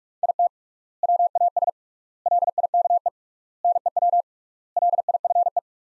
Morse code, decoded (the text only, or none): IT WAS LIKE NEW LIFE